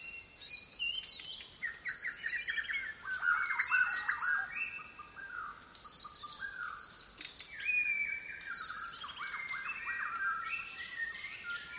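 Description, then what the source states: White-crowned shama song, dense overlapping whistled notes and slurred phrases, with a constant shrill insect chorus behind. Fluting calls in a dusk chorus at sunset over a rainforest valley, Maliau NP, Borneo; recorded with Sony PCM D10, Lom MikroUsi mics and BubbleBee Windbubbles.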